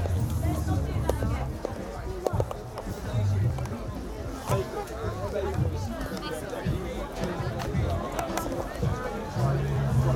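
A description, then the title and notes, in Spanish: A night walk through the Glastonbury festival grounds, with overlapping voices and crowd chatter running throughout. Low thumping music or bass swells come and go, and sharp clicks and knocks break through every second or so over a constant busy murmur. Caminata Nocturna Glastonbury 2014. Caminando desde el gran letrero que dice GLASTONBURY junto al Park Stage hasta mi carpa.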